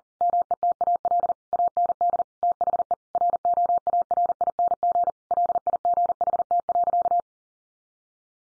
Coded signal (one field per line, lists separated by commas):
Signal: Morse code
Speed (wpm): 40 wpm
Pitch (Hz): 700 Hz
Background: none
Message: METAL AND THE ROARING LIGHT.